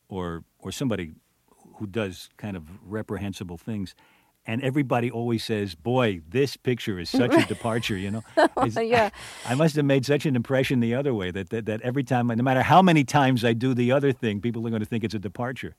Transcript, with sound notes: or somebody who does kind of reprehensible things. And everybody always say, Boy, this picture is such a departure, you know.
Right, yes. (laughs)
I must have made such an impression the other way that every time -- no matter how many times I do the other thing, people are going to think it's a departure.